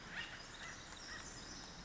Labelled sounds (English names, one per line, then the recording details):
Acorn Woodpecker
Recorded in Sonoma County, California